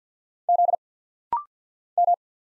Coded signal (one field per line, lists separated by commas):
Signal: Morse code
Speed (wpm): 50 wpm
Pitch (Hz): 700 Hz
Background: none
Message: Z M